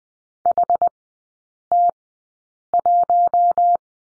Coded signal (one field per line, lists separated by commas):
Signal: Morse code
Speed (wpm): 20 wpm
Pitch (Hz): 700 Hz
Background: none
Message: HT1